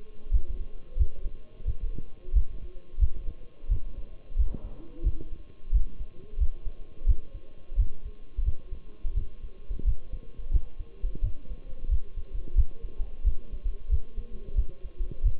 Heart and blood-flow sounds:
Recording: heart sounds by stethoscope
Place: between the tricuspid and mitral areas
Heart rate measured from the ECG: 88 bpm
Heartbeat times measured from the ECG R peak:
0.33 s: heartbeat
0.98 s: heartbeat
1.67 s: heartbeat
2.35 s: heartbeat
3.00 s: heartbeat
3.70 s: heartbeat
4.38 s: heartbeat
5.05 s: heartbeat
5.73 s: heartbeat
6.40 s: heartbeat
7.08 s: heartbeat
7.78 s: heartbeat
8.45 s: heartbeat
9.16 s: heartbeat
9.86 s: heartbeat
10.53 s: heartbeat
11.23 s: heartbeat
11.90 s: heartbeat
12.57 s: heartbeat
13.26 s: heartbeat
13.91 s: heartbeat
14.57 s: heartbeat
15.24 s: heartbeat
From the record:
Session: Bruce protocol treadmill stress test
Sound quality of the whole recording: partially saturated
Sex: male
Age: 23 years

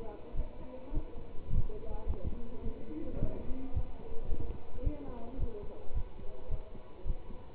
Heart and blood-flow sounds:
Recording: heart sounds by stethoscope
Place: between the tricuspid and mitral areas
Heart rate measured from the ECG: 107 bpm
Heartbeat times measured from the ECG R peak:
0.34 s: heartbeat
0.92 s: heartbeat
1.49 s: heartbeat
2.06 s: heartbeat
2.62 s: heartbeat
3.18 s: heartbeat
3.72 s: heartbeat
4.27 s: heartbeat
4.82 s: heartbeat
5.37 s: heartbeat
5.93 s: heartbeat
6.49 s: heartbeat
7.05 s: heartbeat
From the record:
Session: pedaling a stationary bicycle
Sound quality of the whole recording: good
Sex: male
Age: 27 years

